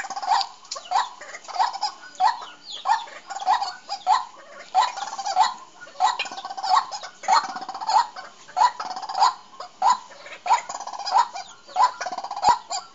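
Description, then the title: Bird calls repeated in a long run of gravelly, chattering bursts, each a quick string of harsh notes, recurring at a steady rhythm. "Suara Burung"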